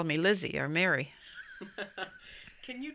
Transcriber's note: he laughs